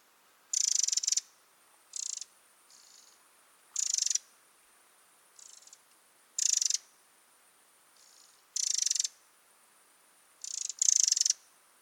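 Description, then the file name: Eurasian wren giving dry, rattling churr calls in short bursts about half a second long, repeated roughly every two seconds, with fainter rattles between. "Troglodytes troglodytes"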